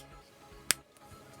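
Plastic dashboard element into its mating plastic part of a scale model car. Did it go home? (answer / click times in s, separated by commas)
yes / 0.7 s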